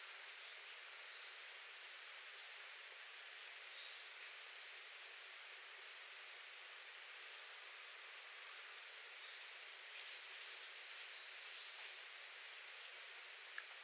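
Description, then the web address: Goldcrest calls, short bursts of very high thin rapid notes repeated about every five seconds, with faint single high notes between them. Kosado, 30 January 2019. "koe kikuitadaki 190130 kosado"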